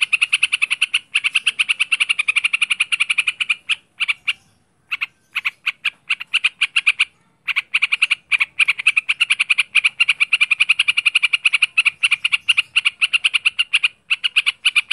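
Bird song built from long streams of fast, scratchy chattering notes, broken by several brief pauses, then resuming at the same rapid pace.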